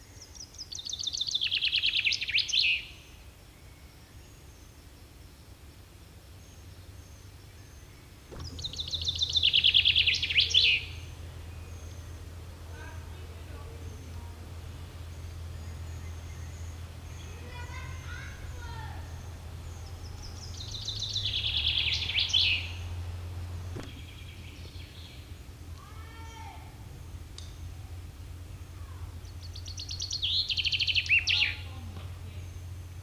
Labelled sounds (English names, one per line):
Common Chaffinch song